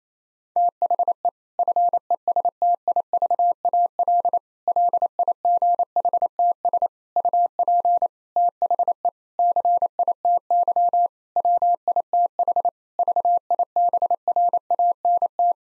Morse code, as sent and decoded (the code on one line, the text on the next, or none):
- .... . / ..-. . ... - .. ...- .- .-.. / .-.. .. --. .... - ... / ..- .--. / - .... . / -.-. .. - -.-- / .-- .. - .... / ...- .. -... .-. .- -. -
THE FESTIVAL LIGHTS UP THE CITY WITH VIBRANT